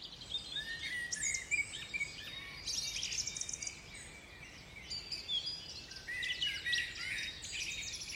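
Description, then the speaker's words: Woodland birds in a dawn chorus: many overlapping high chirps, trills and whistled phrases, continuous over a soft hiss of background noise. Binaural dawn chorus in an English woodland on the Herefordshire borders, around 3 a.m. "So please allow yourself to stop and simply listen to this English woodland dawn chorus to mark Nyepi in my own small way."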